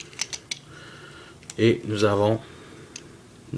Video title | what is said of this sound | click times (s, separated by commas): Bruticus FOC platinum series | on reclipse l'avant-bras | 0.5 s